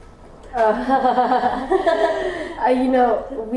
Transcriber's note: laughter